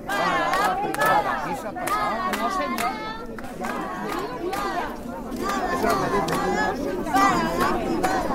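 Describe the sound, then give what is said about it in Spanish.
A protest crowd gathered in front of a health centre shouts chants together, many voices rising in loud, rhythmic bursts over a constant hubbub of babble and cheering. “Estos son los gritos que están dando pues la gente que estamos aquí concentrados ante el centro de sanidad.”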